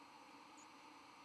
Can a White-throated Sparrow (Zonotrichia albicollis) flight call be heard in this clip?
no